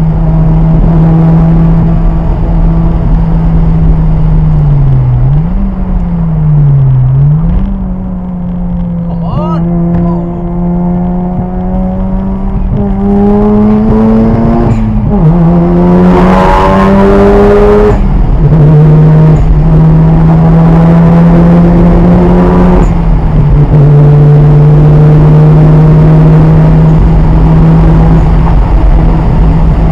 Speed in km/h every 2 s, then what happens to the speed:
150, 143, 118, 81, 77, 87, 103, 121, 138, 147, 161, 172, 177, 188, 184.
0-8 brakes to 77. 8-26 speeds up to 188.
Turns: 6-13.